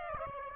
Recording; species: mosquito wingbeat signal from an infrared sensor; Aedes aegypti